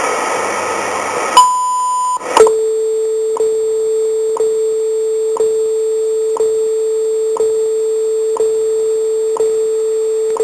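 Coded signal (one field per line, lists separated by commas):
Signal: radio time signal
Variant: WWV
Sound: hiss, brief 1 kHz tone, then a steady low 500 Hz tone ticking every second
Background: radio static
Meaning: The short 1000 Hz tone marks the start of a minute; seconds ticks follow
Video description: Time & Tone HF Station WWV transmitting at 25 MHz from Colorado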